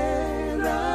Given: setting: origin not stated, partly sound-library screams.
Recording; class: one-second piece from a danger detection set; normal situation